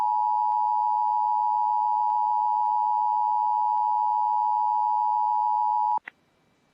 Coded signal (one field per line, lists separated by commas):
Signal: Emergency Alert System (SAME) tones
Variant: 853 and 960 Hz attention tone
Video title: (EAS) Texas Severe Thunderstorm Warning on WDFA